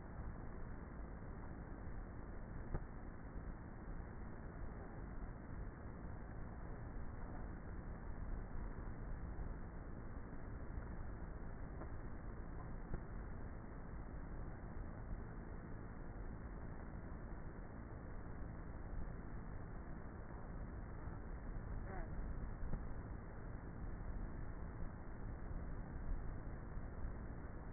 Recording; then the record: honeybee colony, microphone inside the hive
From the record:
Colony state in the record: queenless with a low population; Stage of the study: before two queens were removed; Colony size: about 30,000 bees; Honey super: no